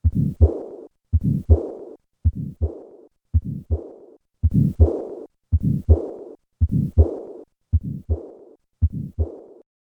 Tetralogy of Fallot. The combined murmurs of subpulmonic stenosis and pulmonic insufficiency.